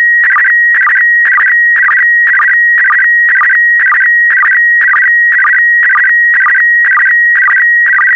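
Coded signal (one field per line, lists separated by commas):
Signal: SSTV (slow-scan television)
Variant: PD120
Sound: steady high whistle interrupted twice a second by short warbling chirps dipping lower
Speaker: complete you can now check your decoded image against the picture that is shown on the video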